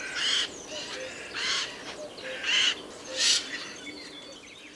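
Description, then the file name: Eurasian jay calling with four separate hoarse, raspy screeches over quiet background hiss. "Garrulus glandarius"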